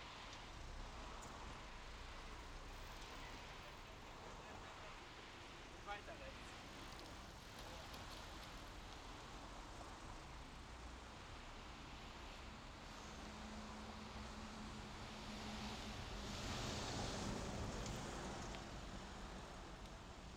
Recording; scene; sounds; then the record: everyday scene through a hearing-aid microphone; in traffic; traffic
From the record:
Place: main road on the outskirts, rush hour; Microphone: in the ear canal, left